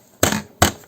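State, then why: Not seated. Plastic decor pieces are tapped onto the diorama display base of an Altaya Ixo die-cast Citroën C15 fire-service model to snap them into place, giving two sharp tapping knocks at about 0.2 and 0.6 seconds. The pieces fail to clip in, and nothing has seated or clicked yet.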